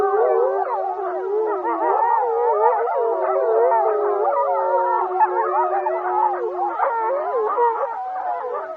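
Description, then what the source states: Wolf pack howling together, dense overlapping wavering howls, with one long steady tone held for several seconds. Wolf recorded in Wrangell-St. Elias, Alaska, on 28 January 2017 at about 07:25.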